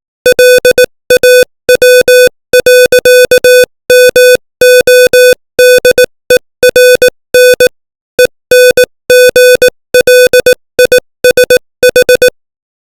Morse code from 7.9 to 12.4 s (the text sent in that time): ENGLISH